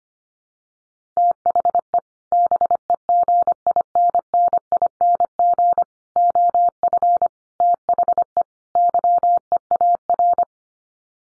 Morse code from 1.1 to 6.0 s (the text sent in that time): THE BEGINNING